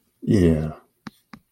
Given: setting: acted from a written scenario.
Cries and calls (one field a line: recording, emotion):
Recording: vocal sound without words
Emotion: contempt